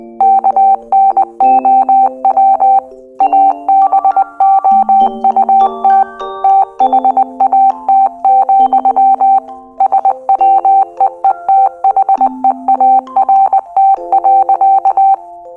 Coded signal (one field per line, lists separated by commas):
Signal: Morse code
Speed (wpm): 20 wpm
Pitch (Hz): 780 Hz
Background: music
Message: KNOW ABOUT THAT, SWEETHEART.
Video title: The girl who speaks morse code (GLMM)